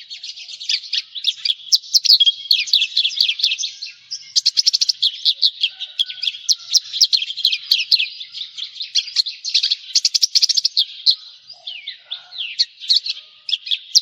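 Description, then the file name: Javan bush lark delivering nearly unbroken high-pitched chattering song, dense trills and buzzy notes running throughout. "suara burung branjangan jawa"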